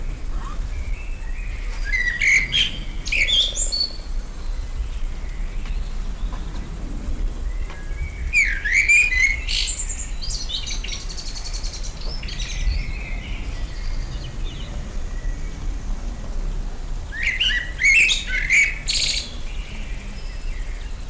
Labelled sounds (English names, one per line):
Common Blackbird song